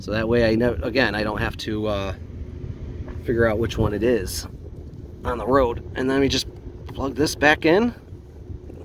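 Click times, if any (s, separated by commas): none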